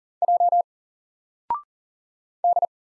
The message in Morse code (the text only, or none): J D